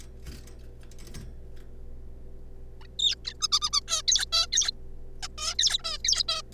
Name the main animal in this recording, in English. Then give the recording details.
Zebra Finch. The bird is a juvenile. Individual R3549